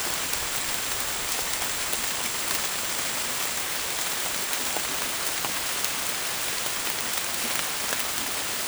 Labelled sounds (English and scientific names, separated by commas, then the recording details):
none
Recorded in dense forest near Puerto Asís, Putumayo, Colombia, on 30 June 2025 at 15:00
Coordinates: 0.503, -76.323
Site G059